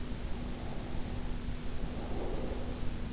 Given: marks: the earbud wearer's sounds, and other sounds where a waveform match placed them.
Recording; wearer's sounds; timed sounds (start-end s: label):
sounds in sleep by an in-ear microphone; breath
0.05-3.13 s: breath